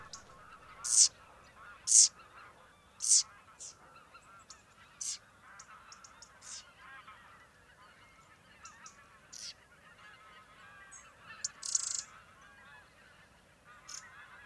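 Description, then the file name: Eurasian wren giving sharp, high ticking calls about once a second at first, then softer scattered notes, with other faint bird sounds behind. "Troglodytes troglodytes"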